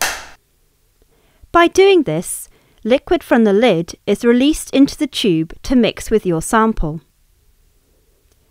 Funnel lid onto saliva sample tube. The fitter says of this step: and close the funnel lid with the other hand, making sure you push firmly on the lid until you hear a loud click.